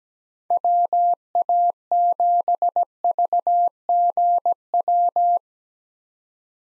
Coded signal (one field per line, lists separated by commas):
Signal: Morse code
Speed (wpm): 17 wpm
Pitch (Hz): 700 Hz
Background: none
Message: WA7VGW